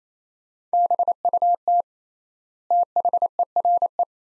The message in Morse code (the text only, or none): BUT THERE